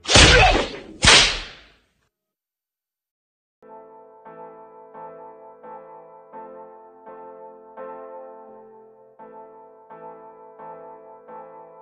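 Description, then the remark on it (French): Two loud, sharp whip cracks snap in quick succession, followed by a brief silence and then a soft, steady melodic tune playing on its own. “on va t'infliger des coups de fouet par milliers.”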